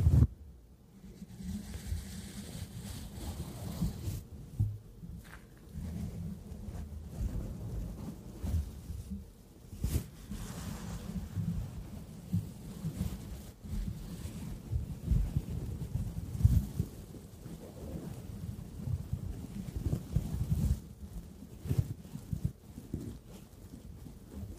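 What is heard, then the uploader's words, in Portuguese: Brush strokes on a screen and scratching form a dense, low rustling rumble, with sharp taps near 10, 16 and 21 seconds. SEM FALAS - NO TALKING.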